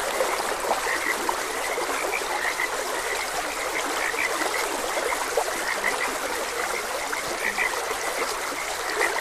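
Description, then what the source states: Frogs giving steady repeated croaks, several callers overlapping, set against constant flowing-water noise. Frogs croaking beside a gentle stream.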